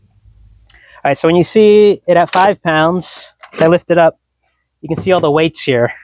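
An adjustable kettlebell handle is put back onto its weight plate stack with the red arrows lined up and seats with a sharp click at 0.7 s. Someone then talks through the rest of the clip.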